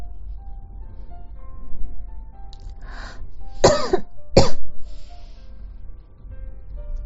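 After a brief breathy intake, an adult woman gives two sharp, explosive coughs about a second apart, each abrupt and short. It is a dry-sounding double cough from a persistent cough that won't get better, over a quiet indoor background with a low steady hum.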